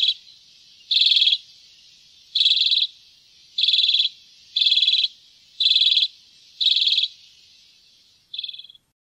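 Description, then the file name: Common redpoll giving a series of eight rattling, finely pulsed chatters about once a second, the last one shorter and quieter; no other sounds. "graasisik"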